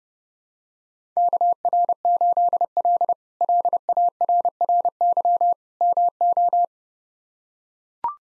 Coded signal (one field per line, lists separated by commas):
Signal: Morse code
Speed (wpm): 30 wpm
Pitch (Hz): 700 Hz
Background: none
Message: KR8L LARRY MO